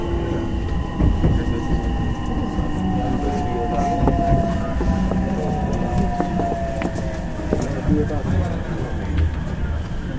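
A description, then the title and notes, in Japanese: Onboard a rapid electric commuter train in motion, a dense, steady low rumble of wheels on rail fills the whole clip. Faint whining motor tones hold and slowly slide in pitch, while irregular rattles and clicks come and go, with muffled voices underneath. JR西日本の225系電車の走行音です。JR神戸線の新快速列車にて収録しました。区間は、芦屋から大阪までです。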